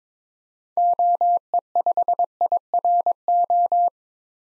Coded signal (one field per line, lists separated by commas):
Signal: Morse code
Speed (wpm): 21 wpm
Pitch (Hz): 700 Hz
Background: none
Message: OE5IRO